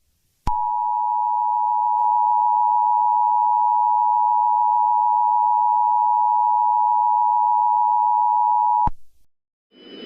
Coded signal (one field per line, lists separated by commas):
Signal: Emergency Alert System (SAME) tones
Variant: 853 and 960 Hz attention tone